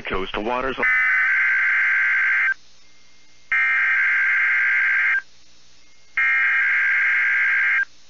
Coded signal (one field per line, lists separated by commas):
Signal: Emergency Alert System (SAME) tones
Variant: header bursts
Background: speech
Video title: EAS A Chilly Florida Tornado Drill NOAA Weather Radio (2022 Severe Weather Week)